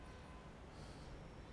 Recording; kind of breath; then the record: one breath in and out by a microphone near the nose and mouth; normal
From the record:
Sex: male